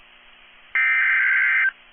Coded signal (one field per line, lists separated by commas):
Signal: Emergency Alert System (SAME) tones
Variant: header bursts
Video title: Tornado warning in my hometown EAS#135